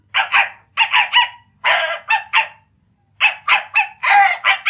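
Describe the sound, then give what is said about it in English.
A small dog barks in quick, high-pitched bursts of two or three yaps, pausing briefly between groups. The barking is loud and sharp, with no talking over it. “Jeeves, are you afraid of a tiny little dog?”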